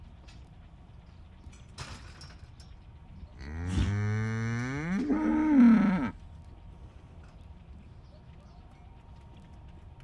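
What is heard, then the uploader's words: A cow moos loudly from about three and a half to six seconds, a long call that starts low, climbs and ends in a strained, rising bellow. Before and after, a quiet outdoor hush fills the gaps, with a brief rustle near two seconds. Morning Cattle. The first was to record some particularly impatient cattle lined up by a roadside pasture waiting for breakfast.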